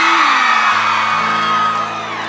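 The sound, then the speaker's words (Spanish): A crowd of women in the audience at a live music show shrieks and whoops loudly and continuously, high-pitched screams blending into a sustained, excited roar with a low hum running beneath. “Y ese grito de placer, mujeres.”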